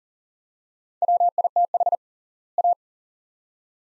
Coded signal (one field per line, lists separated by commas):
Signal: Morse code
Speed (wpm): 37 wpm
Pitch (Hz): 700 Hz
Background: none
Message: WITH A